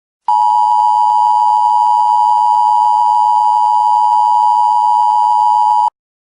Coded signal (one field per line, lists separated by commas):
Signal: Emergency Alert System (SAME) tones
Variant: 853 and 960 Hz attention tone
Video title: Neo-Nazi Terrorist Attack EAS